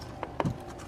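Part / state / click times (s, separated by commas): wiring harness connector into the transmission plug adapter / not seated / none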